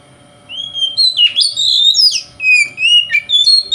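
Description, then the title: Oriental magpie-robin singing rich, varied whistles, swooping rising and falling notes strung together rapidly with abrupt pitch jumps. Kacer singing in the konslet style. "Kacer Konslet Bikin Kacer Lain"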